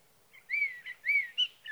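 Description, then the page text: Sage thrasher song fragment: two clear, arching slurred whistles with short warbled notes between, over a faint background hiss. Singing male heard through three nights near his night roost, evening of June 12 to morning of June 15, 2018, Sierra Valley, California, with a Swift recorder. "Birdsong for the Curious Naturalist. Sage thrasher songs, through the night. from the evening of June 12 to the morning of June 15, 2018, in Sierra Valley, California"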